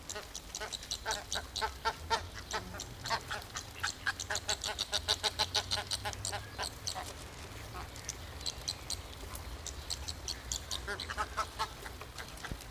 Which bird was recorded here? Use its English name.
Chilean Flamingo